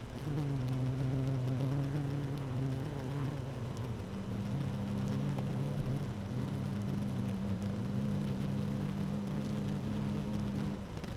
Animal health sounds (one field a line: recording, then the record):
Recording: honeybee colony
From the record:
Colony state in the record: active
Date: 12 June 2018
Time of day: 15:34